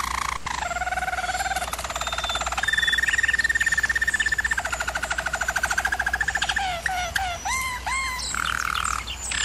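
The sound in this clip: Bird song: rapid rattling trills on changing pitches, then a run of quick rising and falling whistled notes near the end, all over a steady low hum.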